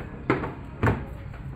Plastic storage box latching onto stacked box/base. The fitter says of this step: simplemente vas a empujar y se escucha un clic. Ahí ya tienes sujeto tu caja packout.